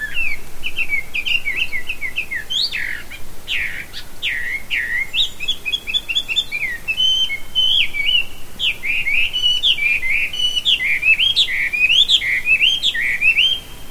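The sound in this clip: Bird song: varied whistled and chirping phrases around mid-high pitch, some sliding notes and rapid trills, continuous and busy with faint background hiss.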